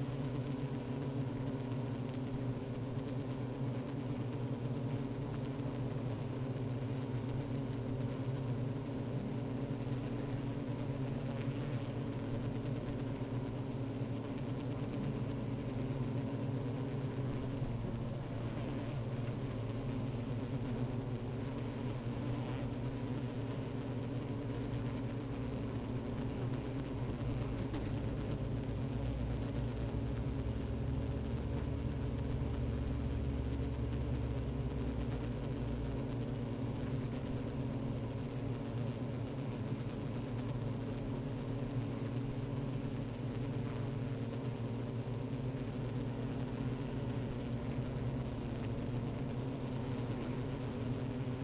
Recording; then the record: honeybee colony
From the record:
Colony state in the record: active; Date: 28 July 2017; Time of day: 15:41